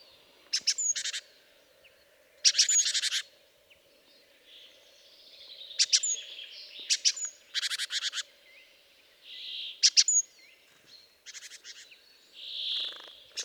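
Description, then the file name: Great tit calls, harsh buzzy chattering bursts with sharp high clicks, given in repeated groups, with a faint low hum underneath. "Parus major"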